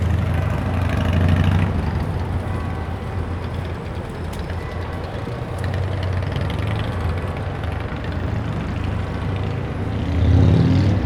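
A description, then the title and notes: Traffic builds on the roads as daylight breaks, a continuous low rumble of engines with a steady idling drone. The loudness swells gently around one to two seconds and six to seven seconds, then a heavier vehicle pushes through near the end. Captured in Parliament Square, London. Daylight is just breaking and the roads around Parliament are beginning to get busy with traffic.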